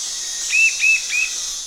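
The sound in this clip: Bird call of three brief, flat whistled notes evenly spaced, with constant high hiss behind.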